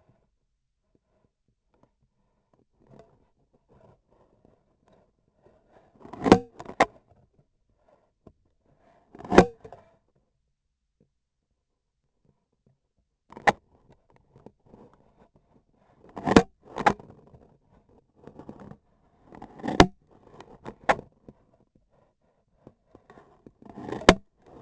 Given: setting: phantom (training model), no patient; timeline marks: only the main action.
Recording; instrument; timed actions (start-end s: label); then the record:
laparoscopic instrument, vibration sensor on the handle end; scissors
5.89-6.53 s: cutting foam
9.03-9.55 s: cutting foam
16.01-16.55 s: cutting foam
19.46-19.98 s: cutting foam
23.52-24.34 s: cutting foam
From the record:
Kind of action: gesture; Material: foam